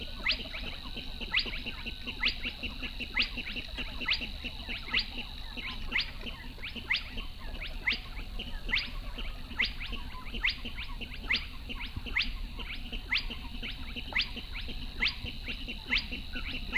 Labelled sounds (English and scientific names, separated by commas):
Spotted Crake (Porzana porzana)